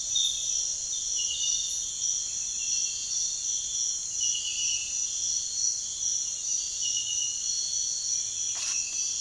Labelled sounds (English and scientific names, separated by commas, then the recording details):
none
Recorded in pastures near Puerto Asís, Putumayo, Colombia, on 22 June 2025 at 05:30
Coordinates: 0.466, -76.322
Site GP07